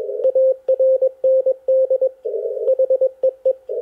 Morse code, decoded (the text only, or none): ARND HEE